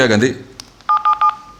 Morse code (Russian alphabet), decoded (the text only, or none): none